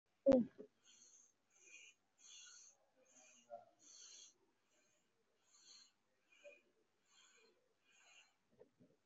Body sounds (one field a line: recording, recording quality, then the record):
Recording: shallow breathing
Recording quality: excellent, no background noise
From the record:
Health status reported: COVID-19 positive, mild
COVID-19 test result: positive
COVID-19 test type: RT-PCR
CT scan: taken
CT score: 0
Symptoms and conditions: cough, cold, sore throat, fever, fatigue, muscle pain, diarrhoea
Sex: male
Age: 47 years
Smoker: no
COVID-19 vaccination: one dose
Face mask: worn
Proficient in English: yes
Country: India